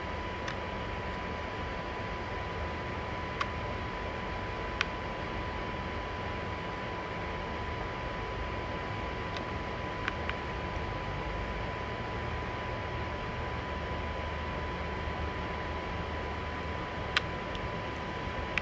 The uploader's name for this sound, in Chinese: 酒店 笔记本风扇怒吼与游戏DEMO测试